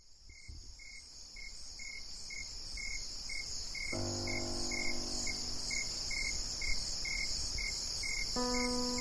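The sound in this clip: Crickets chirping in steady short pulses over a dense high insect buzz, with a low hum and tonal drones joining midway.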